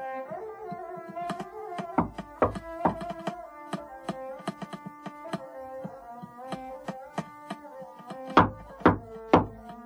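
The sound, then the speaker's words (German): Sharp, hollow knocks on the door of a hotel suite sound over a steady musical tone, scattered at first and ending with three louder, heavier raps. “es hat geklopft.”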